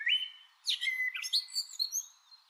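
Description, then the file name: Eurasian blackbird phrase: a short fluted whistle, a brief pause, then a burst of high squeaky twittering notes that fade out. "Turdus merula"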